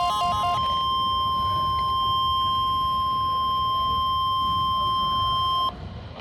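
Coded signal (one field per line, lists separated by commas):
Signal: Emergency Alert System (SAME) tones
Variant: 1050 Hz attention tone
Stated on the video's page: Received on a Midland WR120 weather radio during its final test.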